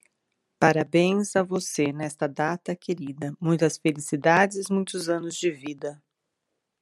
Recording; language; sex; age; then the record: short text; Brazilian Portuguese; female; 50 to 59 years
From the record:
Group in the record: control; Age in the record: 54 years